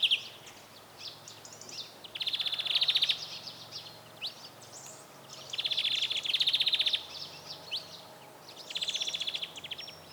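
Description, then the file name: European greenfinch giving three fast, even trilled bursts, with busy high twittering and chirps throughout. "Chloris chloris"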